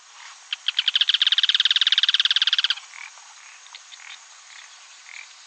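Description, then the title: Yellow-chinned spinetail singing one rapid rattle of clipped notes for about two seconds, followed by faint scattered calls. "LuckyPassaro Completos2Sama. Yellow-chinned Spinetail (Certhiaxis cinnamomeus)"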